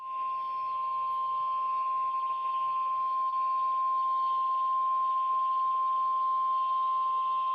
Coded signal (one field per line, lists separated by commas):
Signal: Emergency Alert System (SAME) tones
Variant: 1050 Hz attention tone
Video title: EAS ALERTS ON 3/30 AND 31/2025